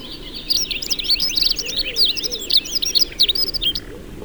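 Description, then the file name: Dunnock song, a fast jumbled warble of thin high notes running for about three seconds almost without pause. "Prunella modularis"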